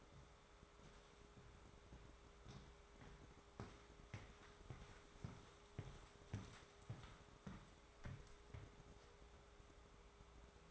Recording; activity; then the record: daily activity, microphone in the room; walk to room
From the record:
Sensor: 3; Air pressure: 1010.4 hPa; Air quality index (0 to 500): 166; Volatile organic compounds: 9 ppm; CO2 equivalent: 2169 ppm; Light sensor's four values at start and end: 49/121/54/61 and 48/120/53/60